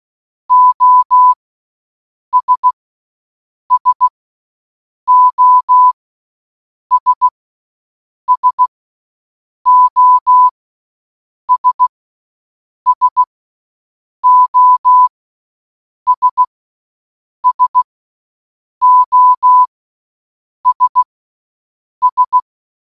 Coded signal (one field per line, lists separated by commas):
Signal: Morse code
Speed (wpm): 16 wpm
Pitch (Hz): 1000 Hz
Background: none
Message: OS SOS SOS SOS SOS S